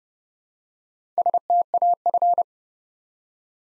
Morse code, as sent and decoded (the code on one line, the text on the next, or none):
... - .- ..-.
STAF